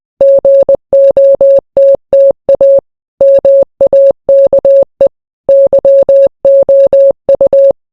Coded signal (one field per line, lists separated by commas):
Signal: Morse code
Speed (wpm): 20 wpm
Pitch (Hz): 550 Hz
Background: none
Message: GOTTA MAKE YOU